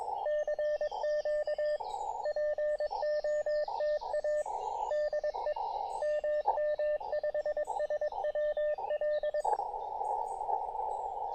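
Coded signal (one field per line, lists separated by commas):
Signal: Morse code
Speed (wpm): 21 wpm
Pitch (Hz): 600 Hz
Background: radio noise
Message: CQ POTA DE MM5SWL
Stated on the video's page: 5W QRP CW POTA activation on the River Tweed estuary with Elecraft KX2, paddles and random wire antenna.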